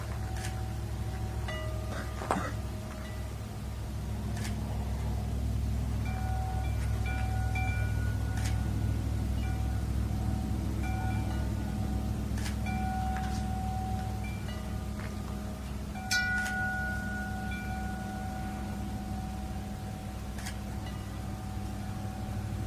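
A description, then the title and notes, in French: A metal carillon rings over a steady low rumble, its struck tones sounding as thin bright lines that ring out and linger. Sharp metallic hits land irregularly, clearest around 2, 12 and 16 seconds, while a constant hum persists underneath throughout. Carillon en métal.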